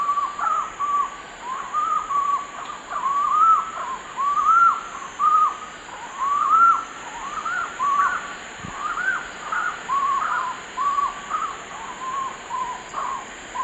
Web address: Natures Songs S America Eastern Lowlands. Bucco capensis, duet